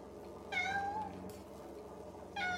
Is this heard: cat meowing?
yes